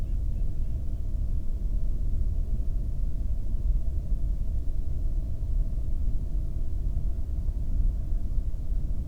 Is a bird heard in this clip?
yes